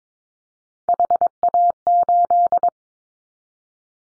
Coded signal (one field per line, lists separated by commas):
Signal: Morse code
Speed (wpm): 22 wpm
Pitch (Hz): 700 Hz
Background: none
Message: HA8